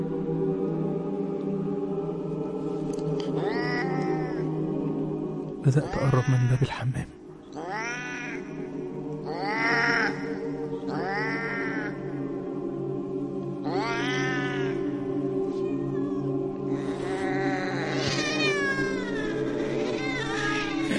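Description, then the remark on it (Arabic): A chorus of many cats meows and yowls in a bathroom off a bedroom, in drawn-out, wavering cries, several overlapping toward the end over a steady low hum, with a few quiet spoken words and a brief thump partway through. “بدأ يبان ان الاصوات القطط مش قطه واحده، ده في قطط كتير جدا في الحمام تقريبا.”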